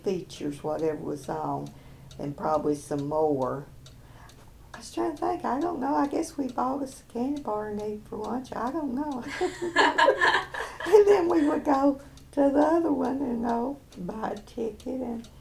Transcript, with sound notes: features, you know, whatever was on, and probably some more. I was trying to think, I don’t know, I guess we bought us a candy bar and ate it for lunch, I don’t know. [laughter] And then we’d go to the other one, you know, and buy a ticket and.....